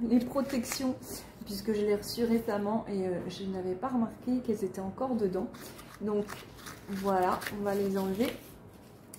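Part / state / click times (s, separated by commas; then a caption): lid of a small porcelain trinket box closing onto its base / seated / 9.1 s. Someone talks while taking the protective packing out of a small sleigh-shaped Villeroy & Boch porcelain trinket box, then closes the lid onto its base. The lid clips into place with a short, sharp click at 9.1 s, and it is seated.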